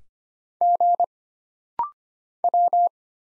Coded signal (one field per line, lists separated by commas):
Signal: Morse code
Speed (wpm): 25 wpm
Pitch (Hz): 700 Hz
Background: none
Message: G W